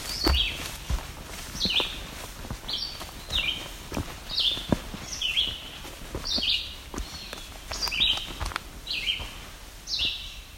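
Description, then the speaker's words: Yellow-bellied sapsucker calling in a steady series of nasal, squeaky downslurred mews about once a second, like a squeezed rubber toy, over soft footsteps and low background noise. Squeaky call likened to a rubber toy or squeegee toy. "Sounds kind of like a rubber toy. That is yellow-bellied sapsucker."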